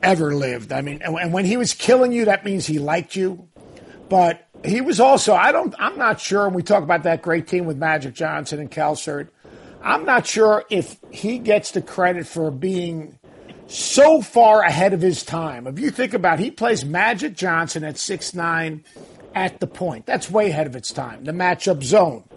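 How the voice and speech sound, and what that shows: An adult man talks in a lively, conversational way about basketball, with clear articulation, a steady rhythm and only brief natural pauses. His voice is clean and well-voiced, and the speech is fluent and ordinary, with no sign of a speech or voice disorder.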